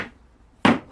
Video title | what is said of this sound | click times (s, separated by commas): Aquaponics update and running cost reductions | a nice click on it we're | 0.7 s